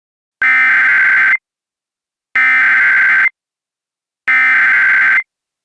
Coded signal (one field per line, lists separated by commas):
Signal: Emergency Alert System (SAME) tones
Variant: header bursts